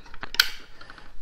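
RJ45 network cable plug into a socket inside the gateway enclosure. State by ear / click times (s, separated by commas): seated / 0.4 s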